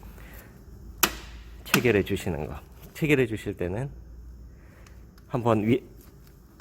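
The metal lock on a submerged arc welding carriage, on its rail or beam, is handled after the carriage is moved into place, with a single sharp knock near 1.0 s and faint ticks later under someone talking. The lock has not caught yet, and nothing has seated or clicked by the end.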